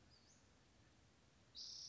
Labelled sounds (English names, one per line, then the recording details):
Western Flycatcher
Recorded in Sonoma County, California